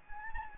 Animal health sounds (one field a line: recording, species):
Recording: mosquito wingbeat signal from an infrared sensor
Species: Anopheles gambiae